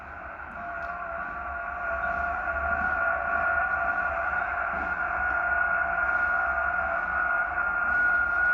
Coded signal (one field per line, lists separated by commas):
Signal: FT8